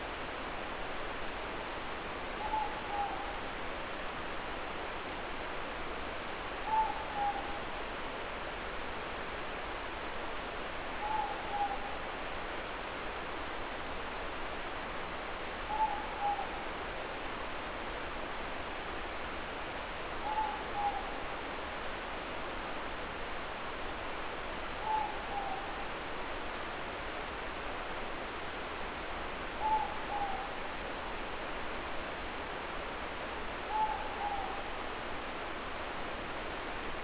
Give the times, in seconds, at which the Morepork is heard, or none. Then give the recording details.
2.31-3.24, 6.55-7.58, 10.93-11.88, 15.56-16.60, 20.11-21.21, 24.71-25.74, 29.46-30.62, 33.60-34.73. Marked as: faintness 3/5. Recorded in New Zealand. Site Eglinton